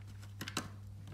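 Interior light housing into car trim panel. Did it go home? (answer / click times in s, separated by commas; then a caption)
yes / 0.6 s. An interior light housing (lens) in a Mazda RX8, being refitted during an interior LED change, is pressed in from underneath by finger into the car's trim panel over a steady low hum. Short clicks sound at about 0.4 s and 0.5 s, then the loudest snap at 0.6 s as the housing clips properly into place, ready for a small screw to lock it with a Phillips screwdriver.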